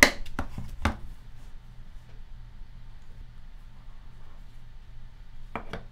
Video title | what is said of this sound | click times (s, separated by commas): WEP Unboxing and Wiring | the new shell pops into place | 0.0 s, 0.4 s, 0.9 s